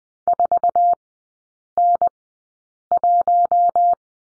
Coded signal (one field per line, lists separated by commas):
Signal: Morse code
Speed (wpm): 20 wpm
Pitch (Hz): 700 Hz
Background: none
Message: 4N1